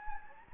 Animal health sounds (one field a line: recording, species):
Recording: mosquito wingbeat signal from an infrared sensor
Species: Anopheles gambiae